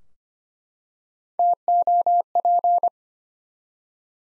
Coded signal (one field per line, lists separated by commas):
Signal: Morse code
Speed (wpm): 25 wpm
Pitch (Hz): 700 Hz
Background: none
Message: TOP